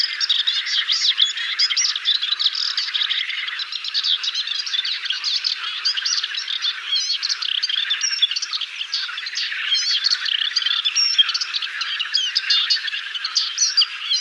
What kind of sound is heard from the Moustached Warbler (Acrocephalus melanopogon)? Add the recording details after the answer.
song. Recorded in the wild. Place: Damtschik/Wolgadelta, RU. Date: 1995-05-18. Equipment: Dat-Recorder Casio DA 7, Telinga DAT, stereo, Telinga-Parabolspiegel. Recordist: Schwarz, Dieter